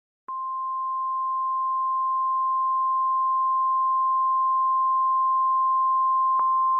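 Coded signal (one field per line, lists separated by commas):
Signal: Emergency Alert System (SAME) tones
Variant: 1050 Hz attention tone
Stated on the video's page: Recreation of a Fire Warning for a wildland fire in Shawnee County, Kansas, relayed by the National Weather Service in Topeka.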